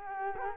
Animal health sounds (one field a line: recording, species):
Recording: mosquito wingbeat signal from an infrared sensor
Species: Culex quinquefasciatus